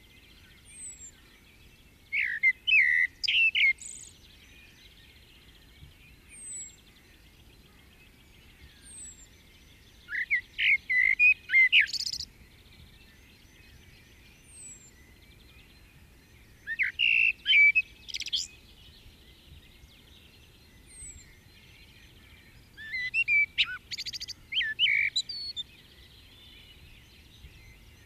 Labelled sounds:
Common Blackbird
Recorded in the wild
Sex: male
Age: adult
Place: Garmisch-Partenkirchen, Bayern, DE
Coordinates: 47.4925, 11.0739
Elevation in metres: 708
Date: 1969-04-12
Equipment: Uher 4000 Report
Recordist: Tretzel, Erwin

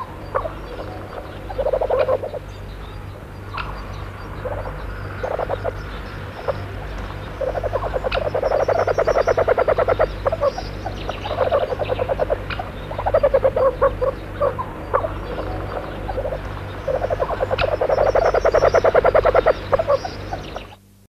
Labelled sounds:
Grey Partridge call
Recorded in captivity
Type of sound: call
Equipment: Halbspur, 9,5 cm/s
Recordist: Lütgens, Hans
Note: Mutter lockt Junge

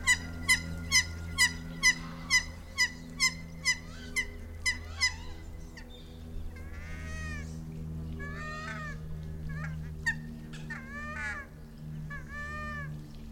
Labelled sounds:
Hawaiian Goose call
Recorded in captivity
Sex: pair
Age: adult
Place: Vogelpark Bad Rothenfelde, Niedersachsen, DE
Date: 1991-09-14 16:39
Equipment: Marantz, Sennheiser ME 80, Kopie Tesla B 116
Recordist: Tembrock, Günter

